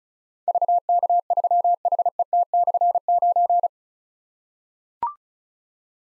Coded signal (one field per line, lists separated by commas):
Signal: Morse code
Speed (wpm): 36 wpm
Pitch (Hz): 700 Hz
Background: none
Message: VK3HET/9